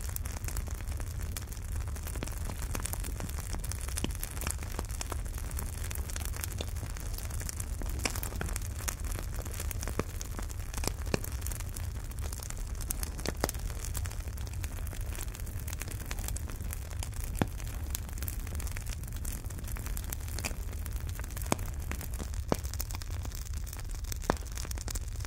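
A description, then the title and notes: A small campfire crackles steadily for the whole stretch, with dense, irregular pops and snaps scattered across every second. A low, constant rumble of flame sits underneath, and a few sharper, louder cracks stand out now and then. Small Campfire: Soundscape for Sleep. Gentle fade in and out of sounds.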